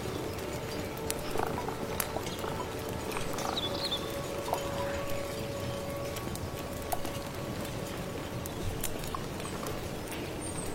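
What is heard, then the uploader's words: Soup stirred over crackling firewood gives a steady clatter of sharp knocks and pops, with faint birdsong chirps and a low hum underneath. Stir your magic amulet soup, accompanied by birdsong, firewood, rustling rain.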